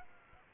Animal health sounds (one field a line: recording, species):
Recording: mosquito wingbeat signal from an infrared sensor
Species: Aedes aegypti